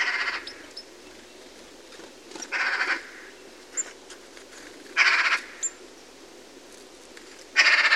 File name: Pica pica